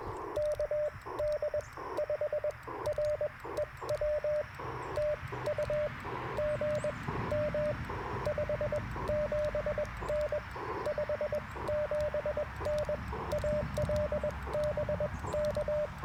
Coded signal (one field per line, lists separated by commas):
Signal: Morse code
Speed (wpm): 21 wpm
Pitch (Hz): 600 Hz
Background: radio noise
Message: KD5REW TU GM 57N 57N AL BK